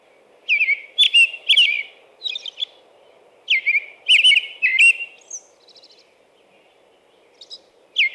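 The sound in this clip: American robin delivering two runs of liquid whistled phrases separated by a pause, each run of three or four carols, then softer notes and the start of another phrase.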